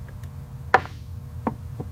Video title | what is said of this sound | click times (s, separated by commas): Transforming a Junk Car into a Masterpiece 🔥 - Amazing Jimny-Style Restoration & Makeover 😱 | you'll hear that sill plate snap right in. | 0.7 s